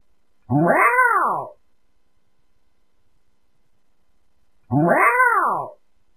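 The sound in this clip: Cat meowing, two identical drawn-out meows about four seconds apart, each rising then falling, with silence between and a faint high tone alongside.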